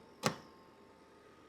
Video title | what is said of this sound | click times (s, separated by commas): Heatwave Special Drinks 🥵➡️🥶 Piña Colada - Mohabbat Ka Sharbat Recipe - PowerChef Pranav | 2 sides పెట్టేసి ఇలా తిప్పేస్తే చాలు, మనకు లాక్ అయిపోతుంది. | 0.3 s